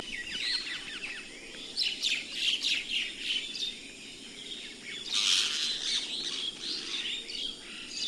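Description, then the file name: Common myna producing a busy run of clicking chirps and rasping notes, with a loud harsh burst around five seconds followed by softer chatter. "Martin triste"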